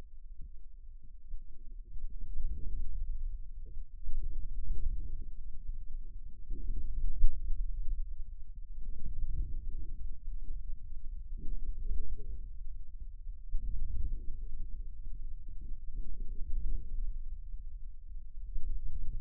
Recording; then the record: forearm muscle sounds (acoustic myography)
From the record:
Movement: inward rotation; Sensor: system 2, bracelet of six BSWA MPA416 microphones around the upper forearm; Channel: 1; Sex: male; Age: 22 years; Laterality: right